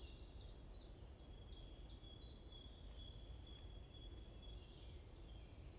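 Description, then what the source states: Bird chirps in a quick repeated series of high falling notes, followed by longer thin whistles, with steady low background rumble throughout. Morning chorus in a forest at Bosvoorde, Watermaal-Bosvoorde, Brussels, Belgium; peaceful setting; recorded with an AMBE VR microphone.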